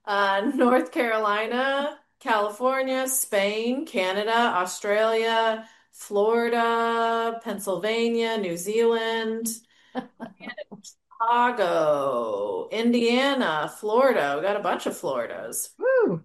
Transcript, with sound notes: North Carolina, California, Spain, Canada, Australia, Florida, Pennsylvania, New Zealand.
(laughs)
Chicago, Indiana, Florida. We got a bunch of Floridas.